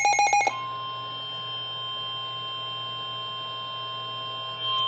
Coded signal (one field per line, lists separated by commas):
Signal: Emergency Alert System (SAME) tones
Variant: 1050 Hz attention tone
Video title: 3 EAS Alerts in a Row! 2 SVRs & 1 TOR!